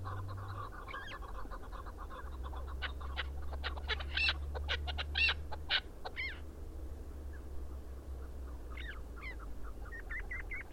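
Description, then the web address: Chukar partridge calls: a run of clucking notes growing louder and sharper, then a few separate calls near the end, over a low hum. "sound Chukar. صدای-کبک-چوکار"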